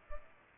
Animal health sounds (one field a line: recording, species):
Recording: mosquito wingbeat signal from an infrared sensor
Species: Culex pipiens